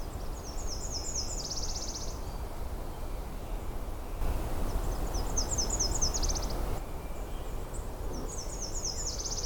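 Nashville warbler giving three songs, each a string of high, evenly spaced notes ending in a quicker, denser trill, with steady low-pitched noise underneath.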